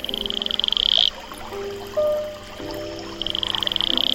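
An Atelopus franciscus toad, a small smooth-skinned toad about 2.5 cm long from the equatorial forest of French Guiana, gives a rapid, high-pitched pulsed trill, first at the start and again near the end, with softer whistles and tonal calls from other creatures filling the gap between.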